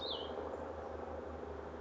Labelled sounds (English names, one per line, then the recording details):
Cassin's Vireo
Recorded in Sonoma County, California